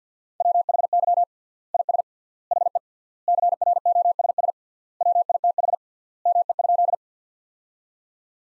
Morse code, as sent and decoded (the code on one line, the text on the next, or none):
.-- .... -.-- / .. ... / .... . / -.-. .-. --- ... ... / .-- .. - .... / -- . ..--..
WHY IS HE CROSS WITH ME?